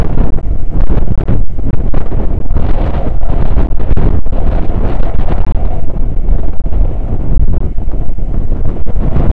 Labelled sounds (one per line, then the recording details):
wind
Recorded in the Prudhoe Bay oil fields, Alaska, on 9 August 2019 at 00:02
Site 29